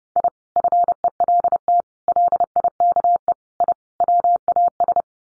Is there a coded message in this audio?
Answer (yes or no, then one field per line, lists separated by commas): yes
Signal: Morse code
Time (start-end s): 0.2-5.0 s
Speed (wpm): 30 wpm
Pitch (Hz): 700 Hz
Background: none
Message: I FELT LIKE I WAS